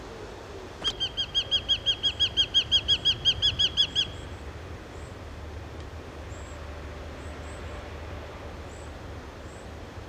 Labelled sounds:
Eurasian Hobby (Falco subbuteo) call

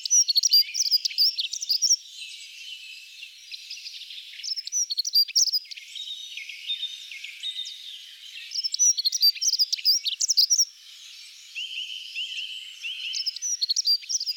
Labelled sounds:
Dunnock (Prunella modularis) song

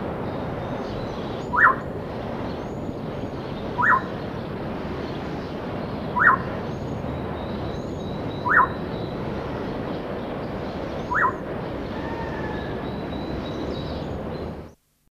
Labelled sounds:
Yellow-crowned Gonolek (Laniarius barbarus) call

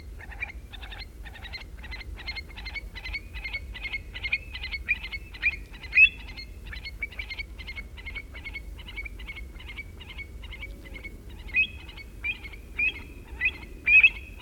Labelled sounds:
Eurasian Stone-curlew (Burhinus oedicnemus) call

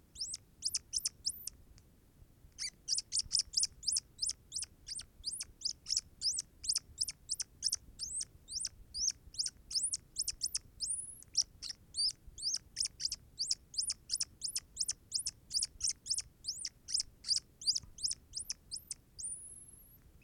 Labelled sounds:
Hazel Dormouse (Muscardinus avellanarius)

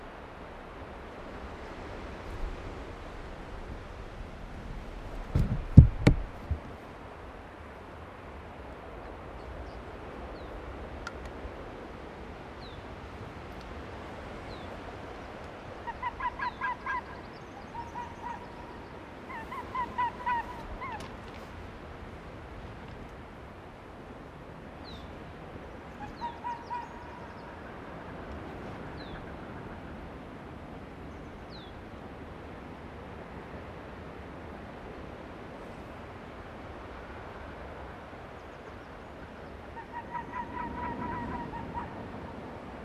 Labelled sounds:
Arctic Fox (Vulpes lagopus) barking

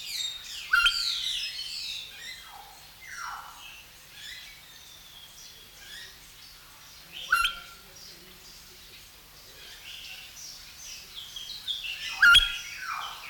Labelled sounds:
Elegant Crested Tinamou (Eudromia elegans) call

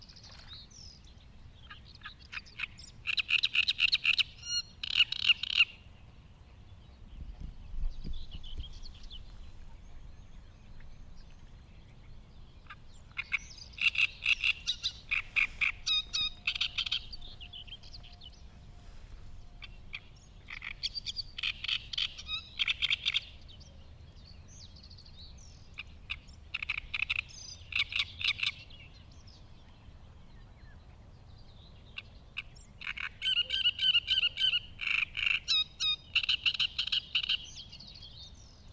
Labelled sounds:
Great Reed Warbler (Acrocephalus arundinaceus) song

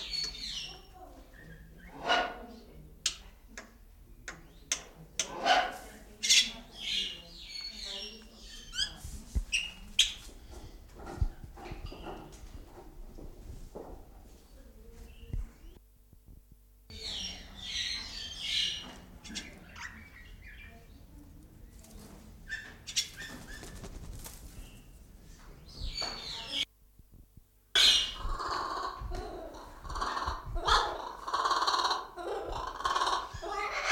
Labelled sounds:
Black-winged Starling (Acridotheres melanopterus)

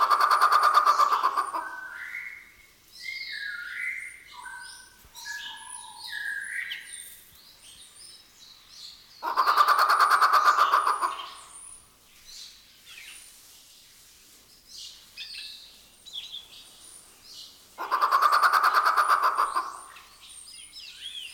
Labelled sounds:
Grey Peacock-Pheasant (Polyplectron bicalcaratum)

